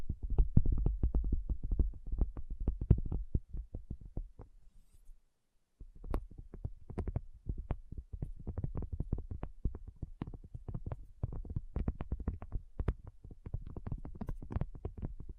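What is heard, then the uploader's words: Rapid, dense tapping with soft, low thuds and brief clicky tops, going without talking. The taps come fast and irregular, heaviest in the first three seconds, thinning out, then stopping for about a second near five seconds before resuming at a steady, slightly lighter pace. Tapping Session (No Talking).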